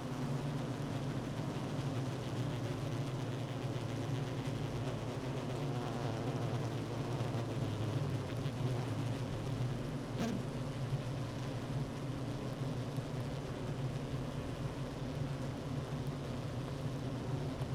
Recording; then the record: honeybee colony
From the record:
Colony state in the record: active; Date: 12 June 2018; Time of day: 9:44